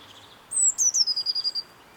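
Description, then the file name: Eurasian blue tit calling: a thin, high note sliding downward, then a quick run of several short, clipped notes. "Cyanistes caeruleus"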